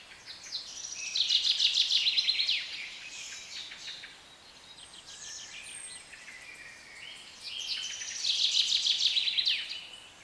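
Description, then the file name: Birds: bird chorus with a repeated fast buzzy trill heard twice, surrounded by scattered high chirps and whistles. British birds. "Birds Atmosphere - Nature Sounds - British Birds"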